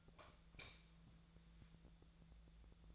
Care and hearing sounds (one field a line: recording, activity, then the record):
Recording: daily activity, microphone in the room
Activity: light off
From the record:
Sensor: 3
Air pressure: 1000.0 hPa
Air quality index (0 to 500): 124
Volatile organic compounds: 2 ppm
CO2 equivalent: 1111 ppm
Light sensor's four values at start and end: 34/89/37/40 and 31/80/34/37